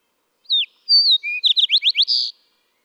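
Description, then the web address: Fox Sparrow song: a couple of clear slurred whistles, then a quick run of rich rising notes ending in a buzzy burst, with no other sounds. "birdsongforthecurious songs Fox Sparrow"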